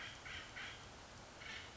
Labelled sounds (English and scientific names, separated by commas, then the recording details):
Acorn Woodpecker (Melanerpes formicivorus)
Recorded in Sonoma County, California